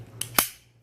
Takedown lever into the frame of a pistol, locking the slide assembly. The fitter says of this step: I just apply even pressure on both ends and turn it back up it will click into place and